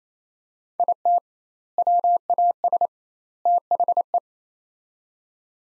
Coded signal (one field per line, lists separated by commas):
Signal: Morse code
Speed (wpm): 28 wpm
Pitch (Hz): 700 Hz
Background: none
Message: IT WAS THE